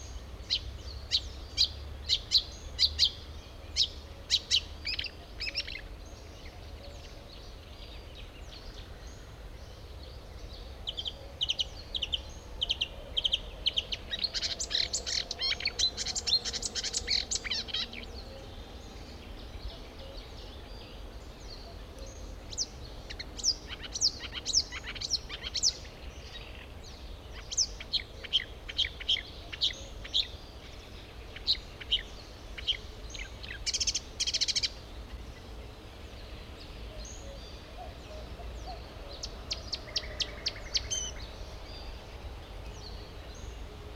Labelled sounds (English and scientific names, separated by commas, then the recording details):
Marsh Warbler (Acrocephalus palustris) song
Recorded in the wild
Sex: male
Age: adult
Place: Wartenberger Luch, Berlin, DE
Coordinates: 52.5733, 13.5256
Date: 1990-05-28 21:21
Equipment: Uher 4400 Report Monitor, Sennheiser MKH 416 T
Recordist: Frommolt, Karl-Heinz